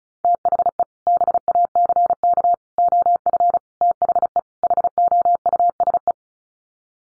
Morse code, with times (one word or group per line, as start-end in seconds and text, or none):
0.2-0.8 THE
1.1-2.5 BACK
2.8-3.6 OF
3.8-4.4 THE
4.6-6.1 HOUSE